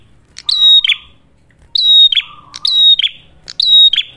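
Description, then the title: Ashy tailorbird song: a few loud, high, ringing whistled phrases, each followed by a sliding note, with a low buzzy trill in between. Actively singing ('gacor') red-headed prenjak, clear recording for training cage birds (masteran) or luring (pikat); titled as a Cililin vs Kapas Tembak duet. "Masteran Duet Cililin Vs Kapas Tembak. Prenjak Kepala Merah Gacor [ Suara Jernih, Sangat Cocok Buat Masteran Ataupun Buat Pikat ]"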